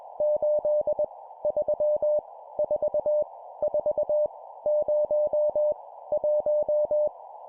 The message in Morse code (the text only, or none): 8 3 4 4 0 1